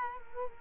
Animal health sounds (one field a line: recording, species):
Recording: mosquito wingbeat signal from an infrared sensor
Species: Culex quinquefasciatus